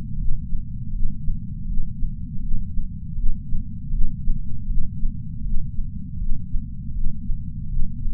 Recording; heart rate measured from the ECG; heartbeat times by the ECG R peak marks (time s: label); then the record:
heart sounds by patch sensor on the chest; 80 bpm
0.17 s: heartbeat
0.92 s: heartbeat
1.66 s: heartbeat
2.40 s: heartbeat
3.15 s: heartbeat
3.90 s: heartbeat
4.67 s: heartbeat
5.43 s: heartbeat
6.18 s: heartbeat
6.93 s: heartbeat
7.68 s: heartbeat
From the record:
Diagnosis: coronary artery disease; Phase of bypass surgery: intraoperative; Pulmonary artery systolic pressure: 26 mmHg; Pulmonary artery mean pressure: 18 mmHg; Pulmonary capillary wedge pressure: 8 mmHg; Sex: female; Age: 52 years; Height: 163 cm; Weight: 80 kg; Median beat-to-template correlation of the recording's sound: 0.89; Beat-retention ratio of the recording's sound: 0.99